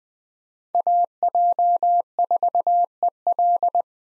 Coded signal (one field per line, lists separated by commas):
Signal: Morse code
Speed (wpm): 20 wpm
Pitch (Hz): 700 Hz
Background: none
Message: AJ4EL